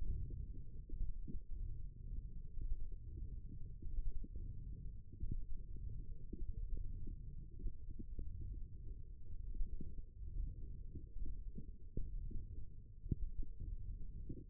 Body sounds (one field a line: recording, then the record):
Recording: forearm muscle sounds (acoustic myography)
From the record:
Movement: wrist extension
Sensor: system 1, eight BSWA MPA416 microphones around the upper forearm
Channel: 1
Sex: female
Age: 21 years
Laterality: right